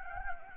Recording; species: mosquito wingbeat signal from an infrared sensor; Anopheles gambiae